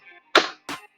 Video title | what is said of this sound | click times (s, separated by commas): Installing the Headrest on a ComfyGo Electric Wheelchair - Quick & Easy | that one clicked into place. So now we've got it. | 0.4 s